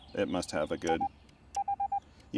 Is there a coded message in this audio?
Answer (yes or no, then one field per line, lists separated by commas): no